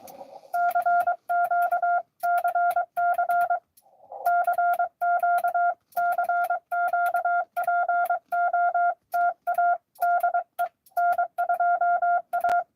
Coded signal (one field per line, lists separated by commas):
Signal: Morse code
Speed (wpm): 23 wpm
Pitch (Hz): 700 Hz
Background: none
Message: CQ CC CQ CQ POTA DE N2A